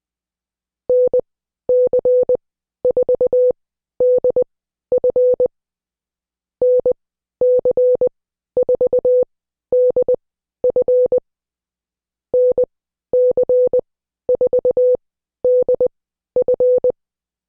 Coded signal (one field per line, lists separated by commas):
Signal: Morse code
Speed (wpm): 20 wpm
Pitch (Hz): 500 Hz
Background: none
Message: NC4DF NC4DF NC4DF